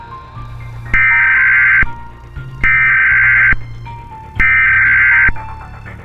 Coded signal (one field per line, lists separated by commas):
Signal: Emergency Alert System (SAME) tones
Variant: header bursts